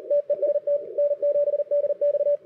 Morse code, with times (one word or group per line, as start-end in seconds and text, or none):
0.1-0.8 TEST
1.0-2.4 N7DX